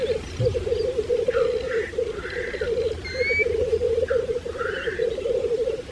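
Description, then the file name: Black grouse giving a continuous low bubbling, cooing chorus, with several harsh hissing sneezes and a thin whistled note. Recorded 6 May 2016. "Orre 6 mai 2016"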